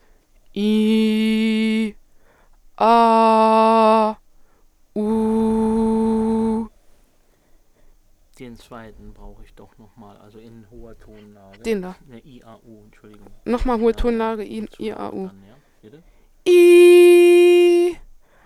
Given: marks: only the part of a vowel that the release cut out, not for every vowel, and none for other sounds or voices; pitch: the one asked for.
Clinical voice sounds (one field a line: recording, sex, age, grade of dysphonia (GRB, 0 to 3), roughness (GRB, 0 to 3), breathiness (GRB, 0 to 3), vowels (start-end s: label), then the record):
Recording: sustained vowels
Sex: female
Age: 20 to 29 years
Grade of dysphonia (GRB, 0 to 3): 0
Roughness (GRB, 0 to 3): 0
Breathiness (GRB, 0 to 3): 0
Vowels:
0.62-1.81 s: vowel /i/, low pitch
2.86-4.04 s: vowel /a/, low pitch
5.03-6.55 s: vowel /u/, low pitch
16.54-17.80 s: vowel /i/, high pitch
From the record:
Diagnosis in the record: healthy voice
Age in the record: 21 years